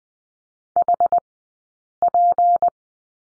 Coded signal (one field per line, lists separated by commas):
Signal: Morse code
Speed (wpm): 20 wpm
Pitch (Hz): 700 Hz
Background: none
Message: HP